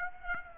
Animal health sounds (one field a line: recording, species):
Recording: mosquito wingbeat signal from an infrared sensor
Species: Aedes aegypti